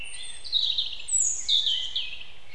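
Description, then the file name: European robin song: thin high whistles and two runs of shimmering high warbled notes. "Erithacus rubecula"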